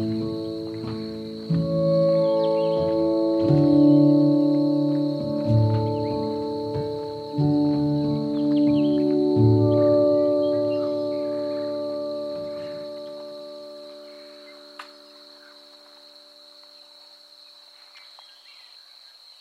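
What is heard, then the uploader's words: In a marsh, a steady high insect buzz runs throughout beneath deep, overlapping droning tones that shift every few seconds and fade after twelve seconds. Today’s Soundwalk was taken April 9th, 2022 on The Anhinga Trail in Everglades National Park. The Anhinga Trail meanders though a sawgrass marsh bustling with wildlife.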